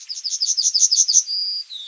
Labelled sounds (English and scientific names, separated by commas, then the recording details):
Yellowhammer (Emberiza citrinella) song
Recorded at under 5 m from the bird
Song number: 173